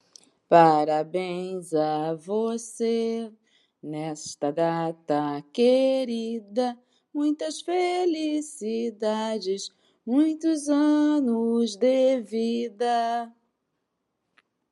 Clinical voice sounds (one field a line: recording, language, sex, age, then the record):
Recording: short text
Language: Brazilian Portuguese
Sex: female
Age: 50 to 59 years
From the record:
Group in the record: control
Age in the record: 51 years